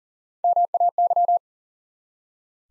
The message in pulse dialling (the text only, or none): none